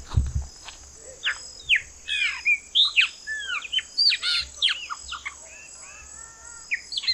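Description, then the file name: Chopi blackbird song: a lively run of varied whistled slurs, rising and falling notes and short chucks, loosely grouped in bursts, over a steady high hiss. "grauna"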